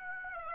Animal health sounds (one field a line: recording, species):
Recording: mosquito wingbeat signal from an infrared sensor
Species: Aedes aegypti